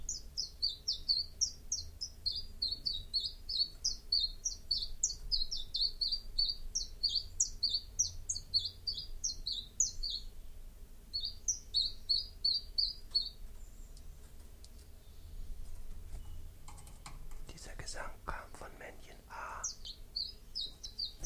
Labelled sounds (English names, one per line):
Common Chiffchaff